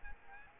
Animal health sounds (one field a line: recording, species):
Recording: mosquito wingbeat signal from an infrared sensor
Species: Aedes aegypti